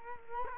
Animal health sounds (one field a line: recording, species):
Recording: mosquito wingbeat signal from an infrared sensor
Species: Culex quinquefasciatus